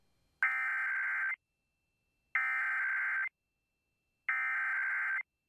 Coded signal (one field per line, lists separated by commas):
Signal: Emergency Alert System (SAME) tones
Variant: header bursts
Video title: WLVI EAS Monthly Test (7/7/20)